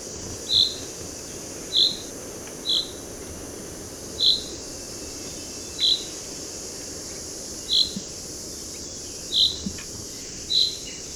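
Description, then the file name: Common chaffinch call: short, high, clipped notes repeated at slightly irregular intervals, roughly every one to two seconds, against a soft steady hiss. "Fringilla coelebs"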